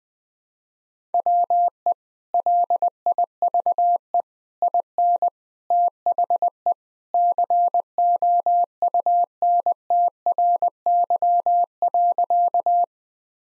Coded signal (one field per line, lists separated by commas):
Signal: Morse code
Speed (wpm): 21 wpm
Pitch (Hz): 700 Hz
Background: none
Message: WE LIVE IN THE COUNTRY.